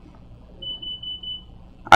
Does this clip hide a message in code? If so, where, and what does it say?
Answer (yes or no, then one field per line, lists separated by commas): no